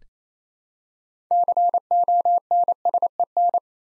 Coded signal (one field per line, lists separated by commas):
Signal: Morse code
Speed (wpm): 27 wpm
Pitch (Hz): 700 Hz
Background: none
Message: CONSEN